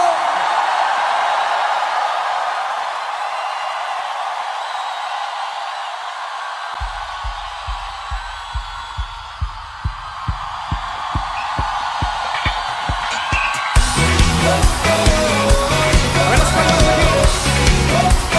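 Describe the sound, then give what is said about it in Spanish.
A crowd cheers and shouts with joy, a loud, sustained roar that continues as a steady drumbeat enters, then full music swells in beneath the noise. “¿Alguien tiene fuerzas para dar un grito de júbilo?”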